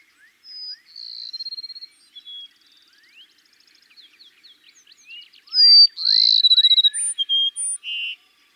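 Cassin's sparrow song: soft trilled phrases, then a loud high whistle leading into a rapid buzzy trill and short closing notes, with faint upslurred notes underneath.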